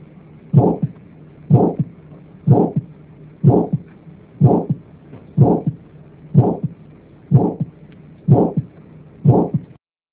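Regular adult heartbeats heard through a stethoscope at about 62 per minute, ten beats in all. Each beat is a low thump followed closely by a second, softer sound, over a steady faint hum. No specific murmur is clearly distinguishable.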